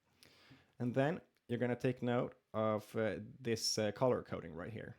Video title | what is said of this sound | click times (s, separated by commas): Hardware Assembly (Srcful DIY Energy Gateway) | to the crypto chip by applying some pressure until you hear it click | 0.2 s